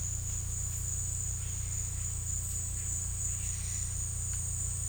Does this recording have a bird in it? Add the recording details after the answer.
no. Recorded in secondary vegetation near Puerto Asís, Putumayo, Colombia, on 18 December 2024 at 14:00. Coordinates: 0.484, -76.319. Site GP06